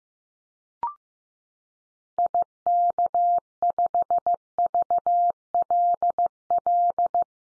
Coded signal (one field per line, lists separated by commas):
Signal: Morse code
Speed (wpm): 15 wpm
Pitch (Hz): 700 Hz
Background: none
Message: IK5VLL